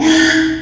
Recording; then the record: squeal of a Yucatan mini pig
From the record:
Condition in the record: after surgery on the right vocal fold (resection and tissue-engineered implant); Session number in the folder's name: 3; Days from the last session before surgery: 33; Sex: male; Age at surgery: 12 weeks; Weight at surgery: 13 kg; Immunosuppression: cyclosporine, prednisolone